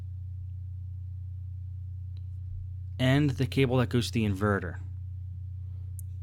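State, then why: Seated. During reassembly of a Dell Inspiron 1521 laptop display, the inverter cable from the screen is pushed into the inverter board connector at the bottom of the display assembly; it only fits one way. Someone talks over a steady low hum, with a faint tick at 2.2 s. The connector snaps in and seats with a sharp click at 6.0 s.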